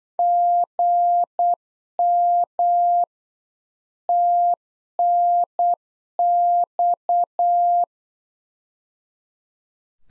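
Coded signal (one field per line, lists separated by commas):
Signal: Morse code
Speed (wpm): 8 wpm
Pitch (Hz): 700 Hz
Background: none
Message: GM TNX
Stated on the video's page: Practice QSO beginning segment (RST, QTH, name) at 8 wpm, sent twice for head-copy.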